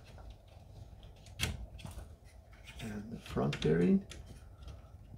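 The front linear bearing is handled against its 3D-printed plastic bearing block on a 3D printer's X-axis gantry while someone talks, with soft handling noises and a sharp tap around 1.4 s. Nothing has seated or clicked into place yet.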